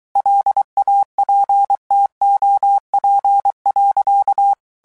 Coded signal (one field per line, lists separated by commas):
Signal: Morse code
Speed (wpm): 23 wpm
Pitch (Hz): 800 Hz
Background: none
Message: LAPTOP.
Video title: Royal Navy Radio Operators Submarines